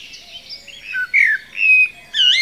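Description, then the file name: Common blackbird giving a short run of mellow slurred whistles, the last note wavering, all within about two seconds. "Turdus merula"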